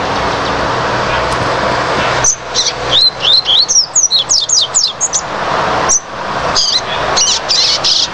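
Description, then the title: Double-collared seedeater song: after a hissing lead-in, a fast burst of sharp whistled slurs, then a few more loud notes. "Canto Coleiro"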